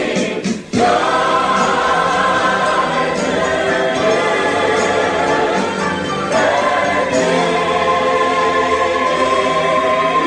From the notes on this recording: a trip to Disneyland